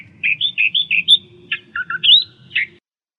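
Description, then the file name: Australian reed warbler song: series of short chattering, slurred phrases, several repeated two or three times, ending after almost three seconds; faint low hum beneath. "suara kicauan burung kerakbasi australia. omkicau"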